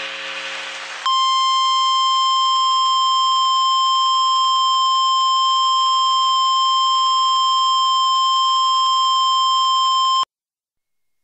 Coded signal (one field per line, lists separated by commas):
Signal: Emergency Alert System (SAME) tones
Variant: 1050 Hz attention tone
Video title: Mount Rainier Eruption EAS Scenario